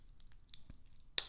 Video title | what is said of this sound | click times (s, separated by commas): Unboxing & Review: Borealis Neptuno Dive Watch | Nice and solid click there. | 1.2 s